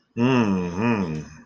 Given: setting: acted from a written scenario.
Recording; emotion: vocal sound without words; desire